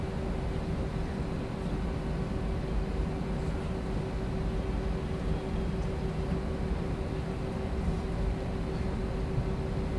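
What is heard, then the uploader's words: A plane cabin in flight fills the air with a steady, dense low roar, a faint constant hum running through it without change. Full Flight From Ft.Lauderdale To Cancun. Plane Sounds, Flight Sounds.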